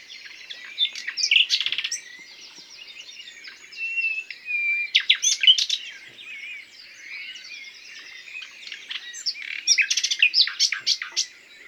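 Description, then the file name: Common nightingale song phrases with quick repeated notes and short whistles, coming in bursts. "Luscinia megarhynchos"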